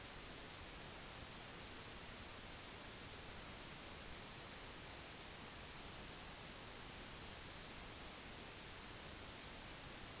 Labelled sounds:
none
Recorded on Arctic tundra, site NAIT-1, on 25 June 2019
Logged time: 10:00

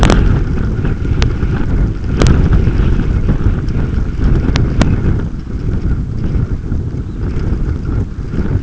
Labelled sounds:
Red Phalarope (Phalaropus fulicarius)
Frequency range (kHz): Red Phalarope (Phalaropus fulicarius) 3.4-4.5 kHz
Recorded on Arctic tundra, site UTQI-5, on 28 June 2018
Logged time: 00:00

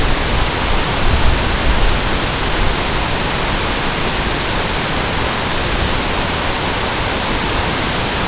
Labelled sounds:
none
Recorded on Arctic tundra, site NAIT-1, on 23 June 2018
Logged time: 19:00

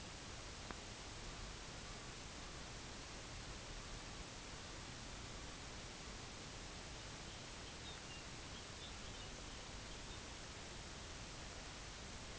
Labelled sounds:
Common Raven (Corvus corax), unidentified sound
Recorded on Arctic tundra, site UTQI-5, on 23 June 2018
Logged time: 04:00

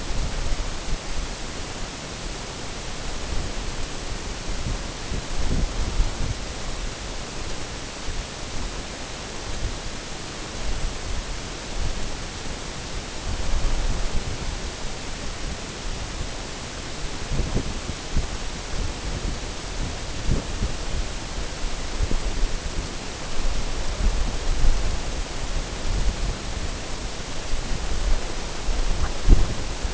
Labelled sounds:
none
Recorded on Arctic tundra, site NAIT-1, on 19 June 2018
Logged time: 21:00

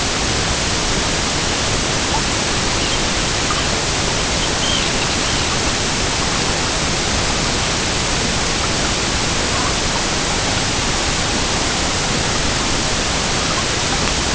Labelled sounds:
Arctic Tern (Sterna paradisaea)
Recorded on Arctic tundra, site EABA-MC, on 22 June 2019
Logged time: 16:00

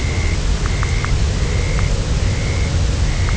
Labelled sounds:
Dunlin (Calidris alpina)
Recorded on Arctic tundra, site UTQI-0, on 11 June 2019
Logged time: 08:00

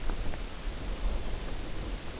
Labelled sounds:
none
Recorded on Arctic tundra, site UTQI-0, on 14 June 2019
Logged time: 16:00

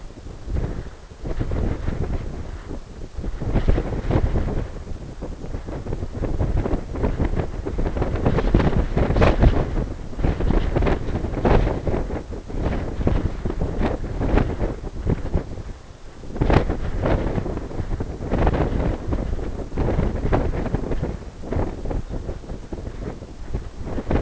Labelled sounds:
Lapland Longspur (Calcarius lapponicus)
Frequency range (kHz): Lapland Longspur (Calcarius lapponicus) 3.1-4.3 kHz
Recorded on Arctic tundra, site NAIT-1, on 20 June 2018
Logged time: 23:00

